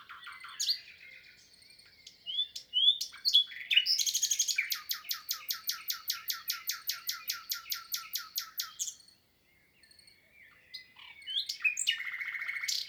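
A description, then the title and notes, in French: A common nightingale sings in bright, varied phrases: whistles and quick chirps open the clip, then from about four to nine seconds a long, fast, evenly repeated trill. After a short silence, new rising whistles and chattering notes follow toward the end. Lesches en diois_ Nagra seven - mkh8040 stéréo. Cette année restera pour moi exceptionnelle pour le chant du Rossignol Philomène (Luscinia megarhynchos) . Cet enregistrement est le troisième depuis leur arrivée et toujours dans des conditions de silence des hommes.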